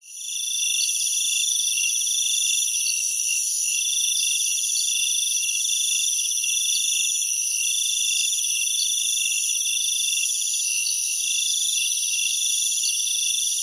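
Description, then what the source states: Insects in a dense night chorus: steady, shrill buzzing and pulsing trills layered at several high pitches. Jungle insects at night in Thailand.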